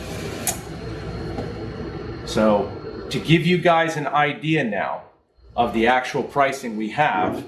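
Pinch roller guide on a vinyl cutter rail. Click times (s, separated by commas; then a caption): 0.5 s. A pinch-roller guide on the rail of a Summa S2 T75 vinyl cutter snaps into its detent, giving a short, sharp click at 0.5 s over a steady background hiss, its second snap into place. Someone then talks for the rest of the clip.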